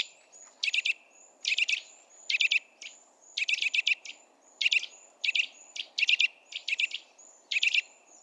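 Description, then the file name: Eurasian nuthatch uttering steady groups of rapid, piercing chip notes, with a thin whistle-like tone between groups and low hum. "Sitta europaea"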